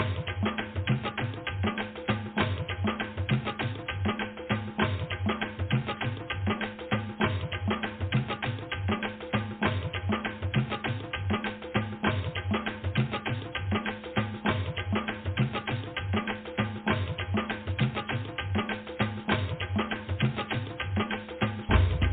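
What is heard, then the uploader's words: Drumming plays in a fast, steady pattern for the whole clip, with dense, regular hits and a strong low thump under brighter strokes. The loudness stays even throughout, and the top end is dull and muffled, with no sharp high sounds. DRUMMING.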